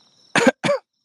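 Two short, harsh coughs in quick succession from an adult man with his second COVID-19 infection, coughing intermittently while walking around outdoors in his hometown.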